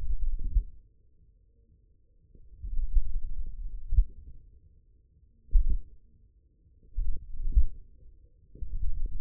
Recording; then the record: forearm muscle sounds (acoustic myography)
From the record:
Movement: tripod grip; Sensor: system 1, eight BSWA MPA416 microphones around the upper forearm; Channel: 5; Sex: male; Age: 54 years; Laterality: right